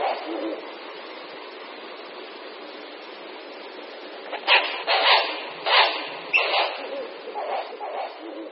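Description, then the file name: Ural owl giving harsh, barking calls, a cluster of rough bursts after a quiet start, with softer similar calls near the end over steady background hiss. "Puštík-bělavý"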